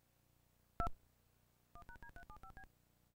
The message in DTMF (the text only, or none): 2 1#D375B